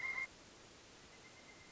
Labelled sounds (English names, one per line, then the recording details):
Pileated Woodpecker
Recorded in Sonoma County, California